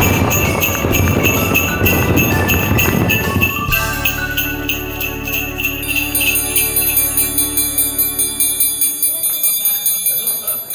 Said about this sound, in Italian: Ricordi natalizi. Jingle bell, campane, renne e neve.